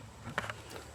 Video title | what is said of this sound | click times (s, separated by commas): How to - Replace a car cabin air filter 2015 NISSAN SENTRA SL | Pops right in. | 0.4 s